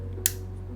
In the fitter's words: just press it down and you must hear the click okay there